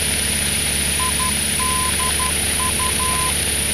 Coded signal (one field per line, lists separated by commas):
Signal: Morse code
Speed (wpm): 12 wpm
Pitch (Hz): 1020 Hz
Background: none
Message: IDU